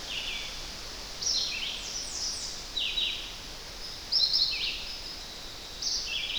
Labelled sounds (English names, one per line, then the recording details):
Red-eyed Vireo song
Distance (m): 35 m
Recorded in boreal forest in Alberta, Canada, on 10 June 2016 at 07:44
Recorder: SongMeter 3, array SBT-3-39
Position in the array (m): 196 m, 121 m